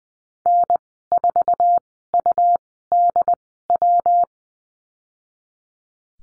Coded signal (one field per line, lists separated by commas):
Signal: Morse code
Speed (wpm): 20 wpm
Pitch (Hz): 700 Hz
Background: none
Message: N4UDW